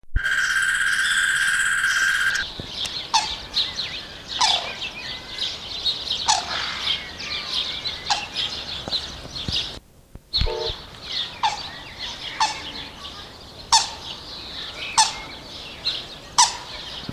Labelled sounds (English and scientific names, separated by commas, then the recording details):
White-naped Crane (Grus vipio) call
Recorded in captivity
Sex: pair
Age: adult
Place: Zoo Berlin, Berlin, DE
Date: 1986-05-02 10:17
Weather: sonnig, 12°C
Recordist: Tembrock, Günter